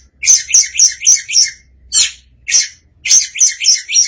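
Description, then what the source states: Oriental magpie-robin song, a dense stream of rapid, buzzy, scratchy high notes in quick runs with brief pauses. Kacer song.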